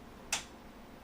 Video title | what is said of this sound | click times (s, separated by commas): How To UPGRADE PC PERFORMANCE LIVE! | It not only does it fit, it fucking snapped into place, man. | 0.3 s